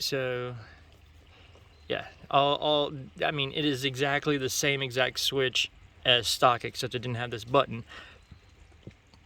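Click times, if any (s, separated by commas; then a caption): 9.1 s. A replacement dashboard button switch, identical to the stock switch except for an added button, is pressed into its opening in the car's plastic dash panel while someone talks. After the talking, a single short click is heard at 9.1 s as the switch pops into place and seats.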